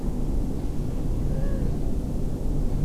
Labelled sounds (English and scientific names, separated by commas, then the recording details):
Long-eared Owl (Asio otus)
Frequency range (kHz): Long-eared Owl (Asio otus) 1.0-1.9 kHz
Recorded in France